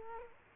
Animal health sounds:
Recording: mosquito wingbeat signal from an infrared sensor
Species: Culex quinquefasciatus

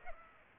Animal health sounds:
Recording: mosquito wingbeat signal from an infrared sensor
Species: Culex pipiens

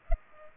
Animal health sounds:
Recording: mosquito wingbeat signal from an infrared sensor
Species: Culex pipiens

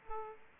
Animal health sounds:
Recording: mosquito wingbeat signal from an infrared sensor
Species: Aedes aegypti

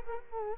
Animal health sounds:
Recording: mosquito wingbeat signal from an infrared sensor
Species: Culex quinquefasciatus

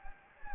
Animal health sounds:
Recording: mosquito wingbeat signal from an infrared sensor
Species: Anopheles gambiae

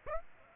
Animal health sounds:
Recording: mosquito wingbeat signal from an infrared sensor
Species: Aedes aegypti

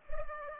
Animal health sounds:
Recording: mosquito wingbeat signal from an infrared sensor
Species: Culex pipiens

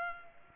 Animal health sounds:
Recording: mosquito wingbeat signal from an infrared sensor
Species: Culex pipiens

